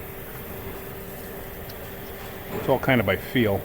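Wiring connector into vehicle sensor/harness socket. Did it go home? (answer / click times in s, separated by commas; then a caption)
no / none. A mechanic feels for and lines up an electrical wiring connector, out of sight, to plug into a vehicle sensor/harness socket before pushing it home. A steady low hum with a faint tone runs throughout, and someone talks from about 2.5 seconds. Nothing has clicked or seated yet.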